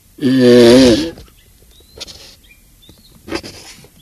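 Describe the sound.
Galapagos tortoise producing a single strong, rasping, slightly wavering groan near the start, followed by quiet background noise.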